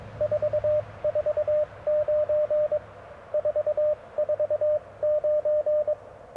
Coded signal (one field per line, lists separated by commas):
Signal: Morse code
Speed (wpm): 22 wpm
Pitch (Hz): 590 Hz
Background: radio noise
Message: 449 449